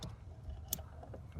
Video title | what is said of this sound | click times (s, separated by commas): NEW 2019 - 2022 Chevy Silverado and GMC Sierra HDMI - HDMI for smartphone mirroring | click back in just like that | 0.7 s